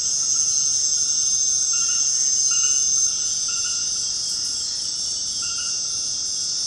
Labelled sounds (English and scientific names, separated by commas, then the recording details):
none
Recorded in secondary vegetation near Puerto Asís, Putumayo, Colombia, on 20 February 2024 at 22:00
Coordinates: 0.472, -76.331
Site G6371